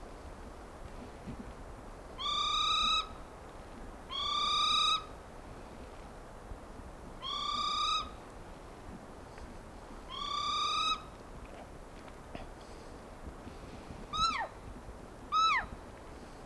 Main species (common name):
Morepork